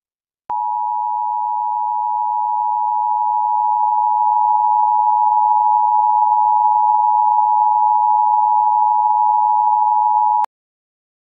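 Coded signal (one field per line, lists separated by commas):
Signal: Emergency Alert System (SAME) tones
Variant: 853 and 960 Hz attention tone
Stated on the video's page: Joke mock EAS scenario with simulated alert tones for a fictional watch.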